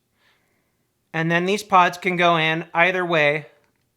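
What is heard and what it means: A refillable plastic pod for a Voopoo Drag Nano 2 vape device body is handled; it fits into the body either way round. Someone talks throughout, and nothing has seated or clicked yet by the end of the clip.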